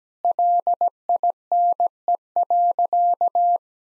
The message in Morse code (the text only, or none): LINE.